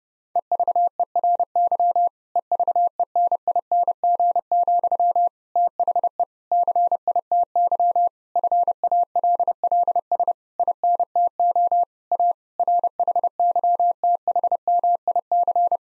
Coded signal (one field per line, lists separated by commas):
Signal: Morse code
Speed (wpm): 32 wpm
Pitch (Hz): 700 Hz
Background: none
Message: EVERY EVENING, THE CITY FALLS INTO A RHYTHMIC